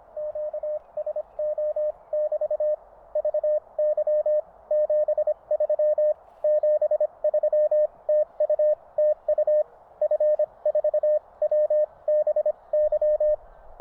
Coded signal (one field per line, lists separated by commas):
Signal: Morse code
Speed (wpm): 25 wpm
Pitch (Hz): 610 Hz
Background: radio noise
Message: QSO <BT> VY 73 73 TU TU F4WBY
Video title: QRP Radio Camping, Kites & Fireworks.